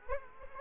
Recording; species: mosquito wingbeat signal from an infrared sensor; Culex quinquefasciatus